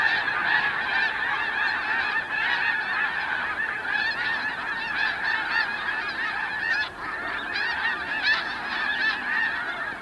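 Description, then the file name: Snow Goose calls from a large flock, constant overlapping high nasal honks and yelps, with a brief dip in the chorus before it resumes. "Snow Goose - Anser caerulescens"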